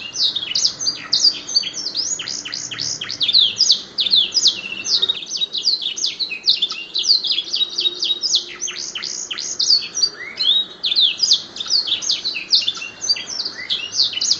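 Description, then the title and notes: Canary song: a fast, continuous run of high chirps, trills and downward-sweeping notes, tumbling without pause through the whole stretch. Canary master song for training cage birds, used to excite other birds into singing. "PANCINGAN SUARA MASTERAN KENARI BIKIN BURUNG MAKIN MENGGILA. masteran kicau kenari"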